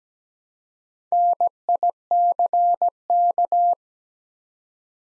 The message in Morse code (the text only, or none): NICK